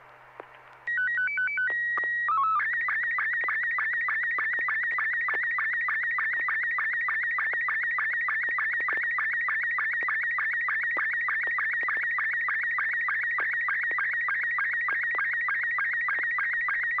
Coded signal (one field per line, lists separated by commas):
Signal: SSTV (slow-scan television)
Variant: Robot 72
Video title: N6NA SSTV Net - 08/30/2023